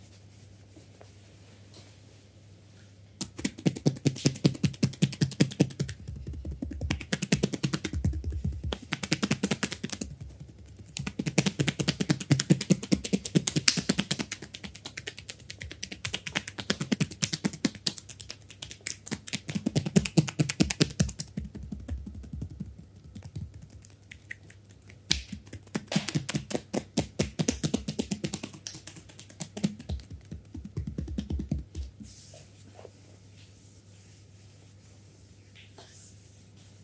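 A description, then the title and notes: A full body massage with a massager: rapid, dense tapping and slapping strokes run from about 3 to 32 seconds, coming in bursts with brief pauses between them. A low steady hum sits underneath throughout and is left alone at the start and end. Spa full body massage with massager.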